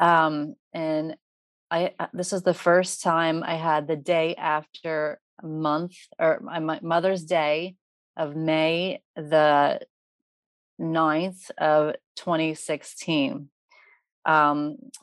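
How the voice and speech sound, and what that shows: An adult woman with aphasia after a stroke in May 2016, possibly from a clot linked to Crohn's disease, speaks haltingly with long pauses, fillers, repeated words and ungrammatical, muddled phrasing. She is in recovery after about five years of speech therapy.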